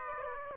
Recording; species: mosquito wingbeat signal from an infrared sensor; Aedes aegypti